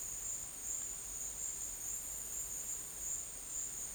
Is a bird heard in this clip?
no